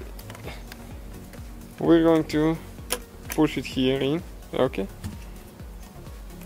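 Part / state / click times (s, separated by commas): breather hose quick-connector onto engine breather port / not seated / none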